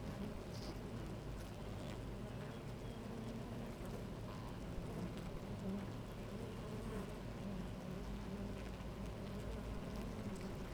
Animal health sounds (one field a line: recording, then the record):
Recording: honeybee colony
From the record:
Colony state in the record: active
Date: 28 July 2017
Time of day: 10:42